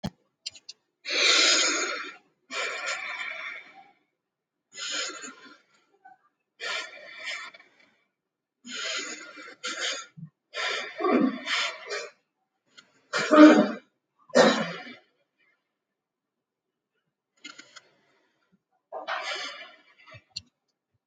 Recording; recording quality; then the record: deep breathing; excellent, no background noise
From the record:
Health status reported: healthy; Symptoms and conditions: none ticked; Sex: female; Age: 23 years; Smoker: not ticked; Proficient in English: yes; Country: India